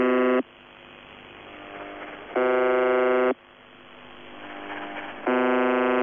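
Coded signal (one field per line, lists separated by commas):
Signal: channel marker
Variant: UVB-76, The Buzzer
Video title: [UVB-76, The Buzzer] Voice Message (but the marker doesn't stop); 11. January 2021, 12:45 UTC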